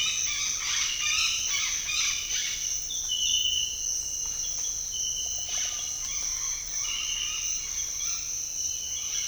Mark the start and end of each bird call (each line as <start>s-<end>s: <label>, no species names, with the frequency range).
0.00s-2.73s: bird call (0.7-6.7 kHz)
5.27s-8.26s: bird call (0.2-6.7 kHz)